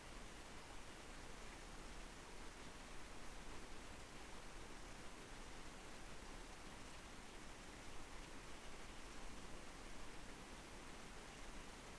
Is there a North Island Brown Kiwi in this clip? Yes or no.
no